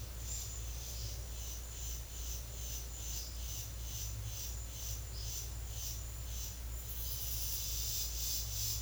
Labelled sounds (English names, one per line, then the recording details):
none
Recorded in secondary vegetation near Puerto Asís, Putumayo, Colombia, on 4 March 2025 at 11:00
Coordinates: 0.500, -76.326
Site GP04